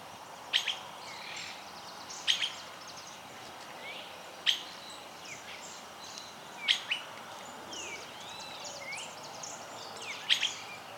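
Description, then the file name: Streaked flycatcher repeating a sharp, high squeaky note several times, with fainter chirps and twitters between the notes. Voice. "benteveo-rayado voz"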